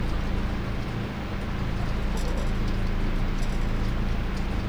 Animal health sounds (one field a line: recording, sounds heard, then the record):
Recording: poultry house recording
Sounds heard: healthy chickens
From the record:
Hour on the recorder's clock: 1